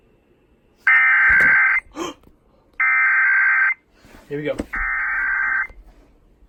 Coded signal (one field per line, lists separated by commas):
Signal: Emergency Alert System (SAME) tones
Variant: header bursts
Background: speech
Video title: Required Monthly Test on WRDG (EAS Alert #59) - 6/19/19